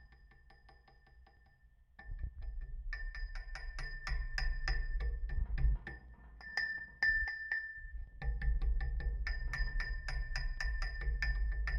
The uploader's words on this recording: We didn't tape down the mics sufficiently on this one so the sound is a bit off and noisier than I'd like. This comes from an elaborate rusty metal structure that the DNR uses to pull huge catches of sample fish from the fish ladder near the hydroelectric dam. I stood in the middle of it and beat both sides with my outstretched hands. The real ringing sounds come from when my rings strike the poles.